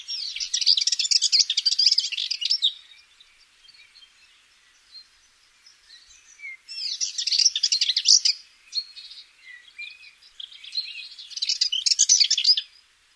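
Eastern subalpine warbler song: three fast scratchy warbling phrases of rapid high notes, a few seconds apart, with soft twittering between them.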